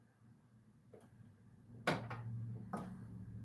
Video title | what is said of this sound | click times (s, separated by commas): Part-4 episode 2.. we're getting closer. | did you hear that clip | 1.9 s, 2.1 s, 2.7 s